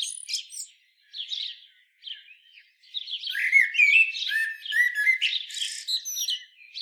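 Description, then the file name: Common blackbird with a few soft, separate warbled notes, then a long dense run of squeaky twittering and sliding whistles. "Turdus merula"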